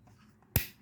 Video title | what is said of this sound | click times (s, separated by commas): Dismantling a Passap duo 80 lock | then it pops into place. | 0.6 s